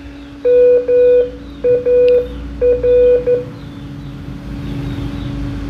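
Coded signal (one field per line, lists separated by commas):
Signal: Morse code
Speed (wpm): 11 wpm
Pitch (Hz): 490 Hz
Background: none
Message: MAR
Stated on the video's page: Morse from an ARDF fox-hunting beacon.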